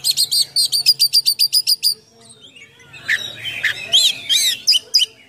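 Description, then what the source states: Oriental magpie-robin song: a fast series of about a dozen sharp repeated notes, then a brief pause and twisting whistled and buzzy phrases; a faint low hum underneath. Full song with rich imitations, called gacor full isian in Indonesian, described as mewah (luxurious).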